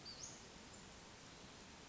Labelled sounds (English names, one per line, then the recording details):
Western Flycatcher
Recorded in Sonoma County, California